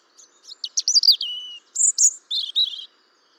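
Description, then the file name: European robin delivering one rich phrase: quick twittering notes sliding into a drawn-out falling whistle, then a few higher chirps. "Erithacus rubecula"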